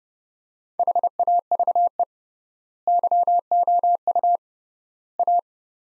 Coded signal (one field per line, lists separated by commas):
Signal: Morse code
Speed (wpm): 30 wpm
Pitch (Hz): 700 Hz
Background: none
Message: HAVE YOU A